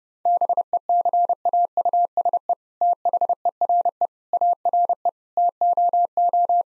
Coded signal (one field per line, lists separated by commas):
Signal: Morse code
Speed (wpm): 32 wpm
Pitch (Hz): 700 Hz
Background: none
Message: BECAUSE THERE ARE TOO